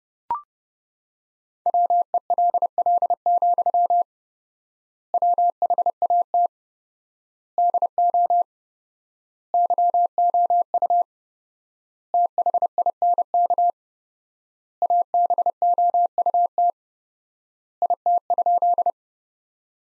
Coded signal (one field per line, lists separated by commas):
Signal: Morse code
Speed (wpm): 30 wpm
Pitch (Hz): 700 Hz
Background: none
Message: WELL, WHAT DO YOU THINK ABOUT IT?